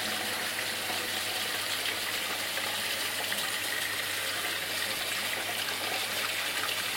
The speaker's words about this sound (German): So, kaltes Wasser abspülen. Schmaller ein bisschen von dem Boden runtergeht. Das schäumt.